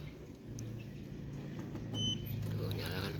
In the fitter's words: ada bunyi klek kayak gitu-gitu tuh. Tinggal dibelokin.